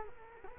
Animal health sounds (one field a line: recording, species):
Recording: mosquito wingbeat signal from an infrared sensor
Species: Culex quinquefasciatus